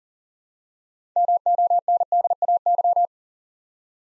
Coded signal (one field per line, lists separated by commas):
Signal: Morse code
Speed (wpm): 42 wpm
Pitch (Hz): 700 Hz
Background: none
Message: MONDAY